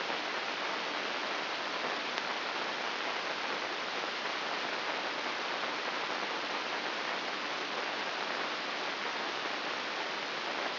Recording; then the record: brain microelectrode recording played as sound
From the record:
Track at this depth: inside the subthalamic nucleus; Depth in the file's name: 5.401 mm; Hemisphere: right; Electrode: 2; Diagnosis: Parkinson's disease